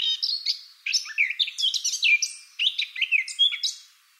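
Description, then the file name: Eurasian blackcap song: continuous lively warbling in several quick phrases, mixing sharp chirps, slurred notes and brief fluty whistles. "Sylvia atricapilla"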